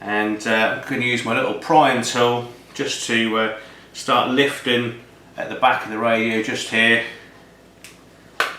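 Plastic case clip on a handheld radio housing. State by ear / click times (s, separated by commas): released / 8.4 s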